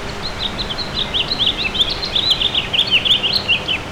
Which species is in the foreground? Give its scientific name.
Haemorhous mexicanus